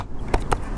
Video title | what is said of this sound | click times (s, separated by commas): HOW TO CHANGE STRIMMER LINE ON BOSCH ART 23 L ...or is it trimmer? | And then I will push this centre section down again till it clicks make sure that it's clicked on both sides | 0.3 s, 0.5 s